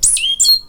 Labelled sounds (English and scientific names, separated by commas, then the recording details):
Stitchbird (Notiomystis cincta) song
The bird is a male
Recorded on Tiritiri Matangi Island, New Zealand, in 2005
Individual 17, of nest box 25